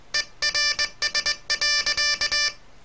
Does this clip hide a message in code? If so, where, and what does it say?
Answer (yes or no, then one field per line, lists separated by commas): yes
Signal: Morse code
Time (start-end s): 0.1-2.5 s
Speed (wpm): 20 wpm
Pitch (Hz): 1750 Hz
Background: music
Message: ERS.